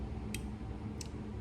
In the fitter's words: just barely hear it click